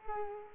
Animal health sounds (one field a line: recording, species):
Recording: mosquito wingbeat signal from an infrared sensor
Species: Culex quinquefasciatus